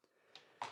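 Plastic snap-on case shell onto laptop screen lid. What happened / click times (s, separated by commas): The plastic case shell snapped onto the lid / 0.4 s, 0.6 s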